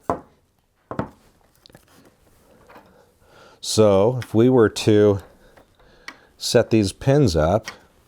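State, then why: Not seated. 3D printed plastic bowling pins are handled on a printed bowling lane, with sharp plastic taps near 0.1 s, 0.9 s, 1.0 s and 6.1 s while someone talks. The pins are meant to pop lightly into their spots, held loosely enough to be knocked over by a ball, but nothing has seated or clicked into place yet.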